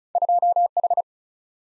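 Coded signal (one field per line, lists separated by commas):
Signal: Morse code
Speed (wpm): 46 wpm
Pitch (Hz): 700 Hz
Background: none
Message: 2 H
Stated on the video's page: Morse practice with two-character letter-number combinations, starting at 35 wpm, then slowing incrementally to a base speed, with a final repeat at maximum speed.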